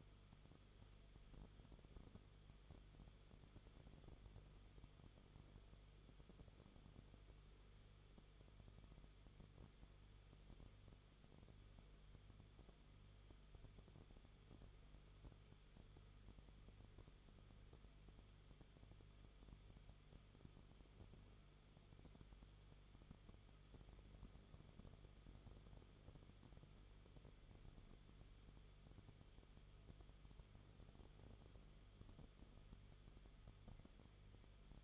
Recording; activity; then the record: daily activity, microphone in the room; no activity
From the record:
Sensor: 4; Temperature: 22.9 degrees Celsius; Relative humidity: 34.5%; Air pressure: 1011.5 hPa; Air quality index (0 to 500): 193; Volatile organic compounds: 13 ppm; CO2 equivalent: 2389 ppm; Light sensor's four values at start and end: 2/3/1/1 and 2/3/1/1